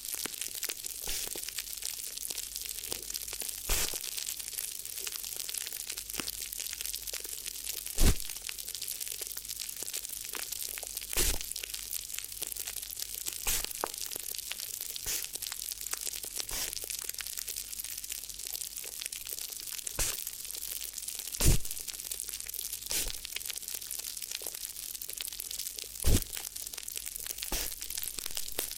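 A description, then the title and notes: Crinkly ear massage: a continuous bed of soft, bright crinkling and rustling runs throughout, with dense small crackles. Sharper crunchy snaps stand out every few seconds, the loudest near 8, 21 and 26 seconds, over a faint low hum. ASMR Addictive Crinkly Ear Massage (No Talking).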